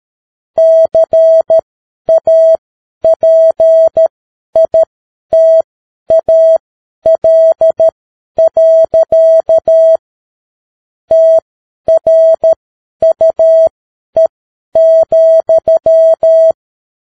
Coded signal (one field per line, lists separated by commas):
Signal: Morse code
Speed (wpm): 13 wpm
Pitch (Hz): 650 Hz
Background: none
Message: CAPITAL. TRUE,